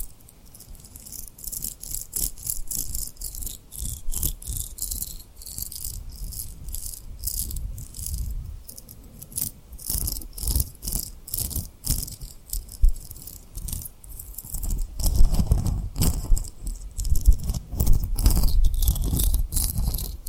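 Tapping and rubbing on rhinestones make a dense run of crisp, rattling clicks, bright and scratchy, with a soft low thump under many taps. The clicks come in quick irregular bursts throughout, growing busier and fuller after about fifteen seconds.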